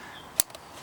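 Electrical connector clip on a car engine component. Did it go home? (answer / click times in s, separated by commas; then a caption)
yes / 0.4 s. After cleaning the intake components on a car, a plastic electrical connector clip on an engine component is pushed back on. A sharp click is heard at 0.4 s, followed by two faint ticks around 0.5 and 0.55 s. The clip is seated and the job is finished.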